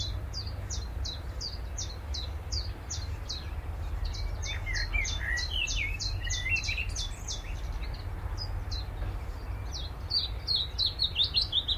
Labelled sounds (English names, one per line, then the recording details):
Willow Warbler
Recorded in captivity
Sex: male
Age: adult
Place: Volierenanlage, Zoologisches Institut Universität Tübingen, Baden-Württemberg, DE
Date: 1966-06-15
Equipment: Nagra III PH, MD 421, LGS26
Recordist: Schneider, Hans-Joachim
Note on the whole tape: Voliere IV. Phylloscopus trochilus trochilus "sylvestris". Gesänge. Weitere Angaben siehe Ansagen. MaAS: M.Sch